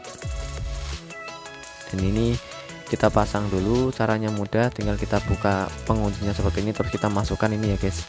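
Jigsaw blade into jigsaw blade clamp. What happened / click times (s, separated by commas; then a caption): Blade handled in its clamp, not yet locked home / none. A T-shank wood blade is handled at the blade clamp of an NRT PRO JS80HD jigsaw, with the blade lock opened and the blade brought in for insertion, while someone talks over background music and two short hits sound near 0.1 s and 1.1 s. Nothing has seated or clicked yet; the blade is not yet home in the clamp.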